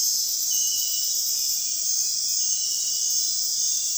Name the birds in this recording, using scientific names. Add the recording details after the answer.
none. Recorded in dense forest near Puerto Asís, Putumayo, Colombia, on 20 February 2024 at 02:30. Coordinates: 0.499, -76.324. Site G6469